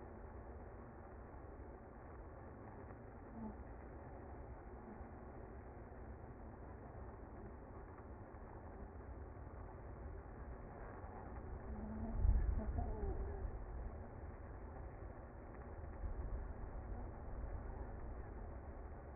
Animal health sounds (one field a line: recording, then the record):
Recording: honeybee colony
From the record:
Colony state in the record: active